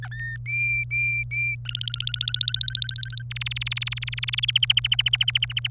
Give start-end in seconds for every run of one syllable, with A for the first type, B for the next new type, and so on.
0.03-0.08 A, 0.11-0.37 B, 0.46-1.55 C, 1.65-3.22 D, 3.31-4.51 E, 4.55-5.67 F